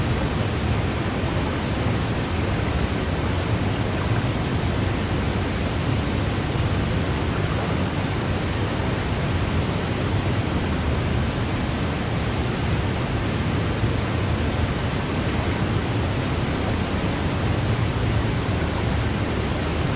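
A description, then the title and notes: Steady white noise hisses without change throughout, dense and even, with a slightly fuller low end like a rushing waterfall. Float Off to Dreamland with White Noise for Babies.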